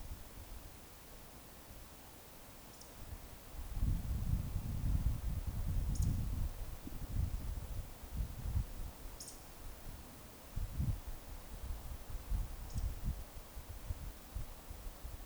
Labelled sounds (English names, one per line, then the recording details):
Eurasian Woodcock
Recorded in Baden-Württemberg, Germany, on 19 May 2021 at 19:52 UTC
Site 45967, 814 m above sea level